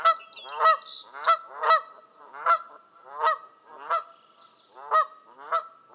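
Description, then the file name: Canada goose calling with a steady stream of nasal honks, roughly two per second, and a few high bird chirps at the start and middle. "kanadai lud hangja"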